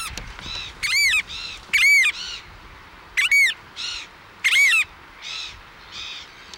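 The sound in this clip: Variable oystercatcher uttering strident, ringing piping notes in short bursts, louder calls alternating with quieter ones.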